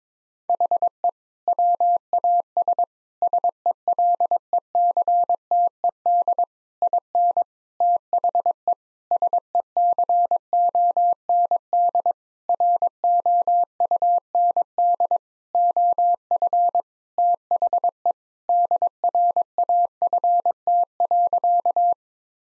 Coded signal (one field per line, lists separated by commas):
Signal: Morse code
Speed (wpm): 21 wpm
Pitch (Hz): 700 Hz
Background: none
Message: HE WAS SELECTED IN THE SECOND ROUND OF THE DRAFT.